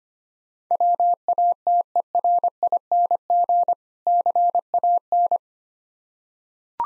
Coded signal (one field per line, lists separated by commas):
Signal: Morse code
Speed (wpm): 25 wpm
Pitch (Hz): 700 Hz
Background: none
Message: WATERING CAN